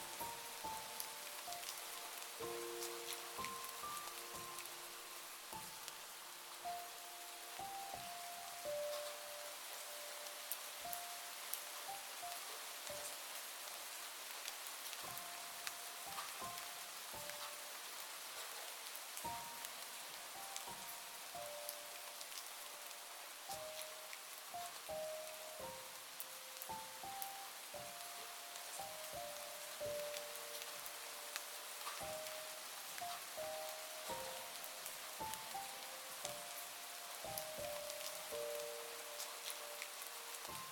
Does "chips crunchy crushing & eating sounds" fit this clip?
no